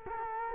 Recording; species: mosquito wingbeat signal from an infrared sensor; Culex quinquefasciatus